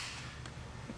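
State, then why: Seated. The second ECU retaining clip, on the other side of the ECU in a B6-B7 S4, snaps home into the ECU mounting tray with a short, sharp click at 0.5 s over a steady low hum. The clip is seated, though it would snap down a little further without the anti-theft bell fitted.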